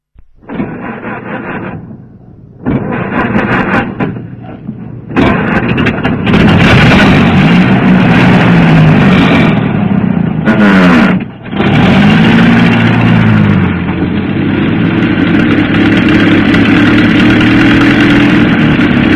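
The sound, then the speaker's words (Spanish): A pickup truck on a road shoulder finally starts: its engine cranks in two short bursts, then catches and roars to life, revving with a rising and falling pitch before settling into a loud, steady rumbling idle. “prendió la camioneta finalmente.”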